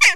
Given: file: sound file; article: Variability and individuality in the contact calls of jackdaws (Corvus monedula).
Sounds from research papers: jackdaw call; harmonic

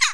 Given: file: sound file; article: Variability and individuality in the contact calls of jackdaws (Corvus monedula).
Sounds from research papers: jackdaw call; harmonic

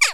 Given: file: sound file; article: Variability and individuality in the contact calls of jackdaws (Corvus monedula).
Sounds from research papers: jackdaw call; harmonic

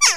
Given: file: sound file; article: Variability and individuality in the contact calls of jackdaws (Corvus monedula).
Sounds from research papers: jackdaw call; harmonic

